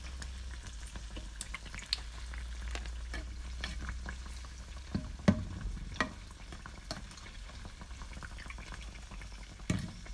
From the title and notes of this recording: First time cooking A S M R. Fried Oreos and funnel sticks ASMR style.